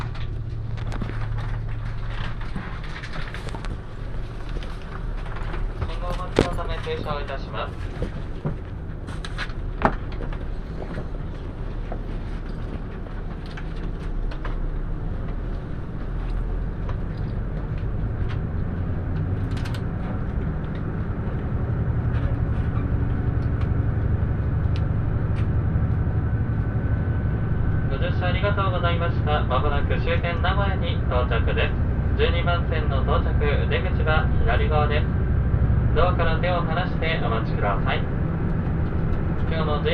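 A Kintetsu-area express train, the Nanki diesel railcar, runs from Kuwana toward Nagoya with a steady low engine rumble and rattling throughout. The drone grows heavier after about twenty seconds, and from about 28 seconds announcement-like voices come and go above it, with sharp clicks near 6 and 10 seconds.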